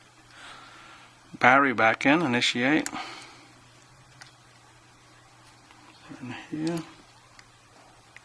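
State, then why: Seated. A phone battery's flex connector is pressed onto its socket on the logic board, and it seats. Someone talks, then two short clicks are heard at 7.4 s and 8.2 s as the connector snaps into place.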